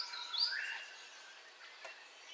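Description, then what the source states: Birds: a brief bright swooping whistle early on, followed by faint high chirps against a quiet hiss. Dawn ambience of bird calls, recorded in stereo.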